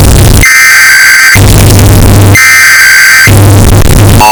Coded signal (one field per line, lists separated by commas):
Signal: Emergency Alert System (SAME) tones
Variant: header bursts